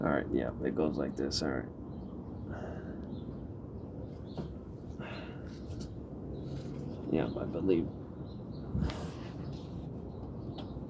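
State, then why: Seated. A replacement EVAP leak-detection (ESIM) module on a Jeep SRT8, its O-ring greased with electrical grease, is fitted at an angle into the plastic charcoal canister housing and turned until it locks. Someone talks while it is worked into place, and a sharp click at 8.9 s marks the module seating in the canister.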